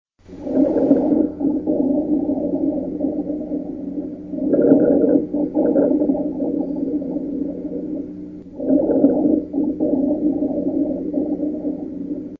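Low-pitched, continuous snoring rumbles over an adult's lungs, heard through a stethoscope, swelling with each breath about every four seconds: rhonchi, from secretions in the larger airways.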